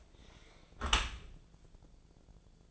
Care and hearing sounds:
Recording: daily activity, microphone in the room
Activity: close dishwasher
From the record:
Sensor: 5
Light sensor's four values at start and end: 40/91/39/42 and 39/90/38/42

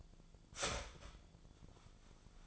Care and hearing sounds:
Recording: daily activity, microphone in the room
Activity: start toaster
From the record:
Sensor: 5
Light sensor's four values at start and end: 89/236/96/101 and 89/236/96/101

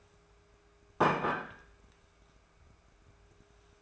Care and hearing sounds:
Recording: daily activity, microphone in the room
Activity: place plate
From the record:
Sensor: 2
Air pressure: 1014.9 hPa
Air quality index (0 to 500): 206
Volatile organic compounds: 21 ppm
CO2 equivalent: 2728 ppm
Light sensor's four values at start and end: 25/55/25/28 and 23/52/24/26

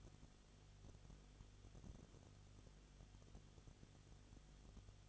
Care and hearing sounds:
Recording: daily activity, microphone in the room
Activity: no activity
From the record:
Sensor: 4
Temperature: 22.7 degrees Celsius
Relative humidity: 31.7%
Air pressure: 995.4 hPa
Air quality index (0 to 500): 158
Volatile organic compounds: 2 ppm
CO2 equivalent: 1256 ppm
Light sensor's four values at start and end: 2/3/1/1 and 2/3/1/1

